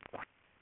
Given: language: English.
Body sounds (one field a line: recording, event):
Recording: throat vibration sensor signal played as sound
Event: swallow